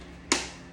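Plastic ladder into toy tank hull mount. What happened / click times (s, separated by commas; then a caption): The small plastic part snapped into its mount / 0.3 s. A plastic ladder on a toy tank is snapped into its mount on the hull, giving one sharp click at 0.3 s and seating in place. The ladder plastic feels cheap and flimsy, with worry that snapping it in repeatedly will cause problems. Otherwise only quiet background hiss is heard.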